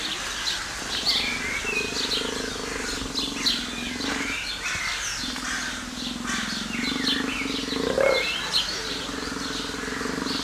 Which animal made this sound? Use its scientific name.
Panthera onca